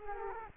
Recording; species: mosquito wingbeat signal from an infrared sensor; Culex quinquefasciatus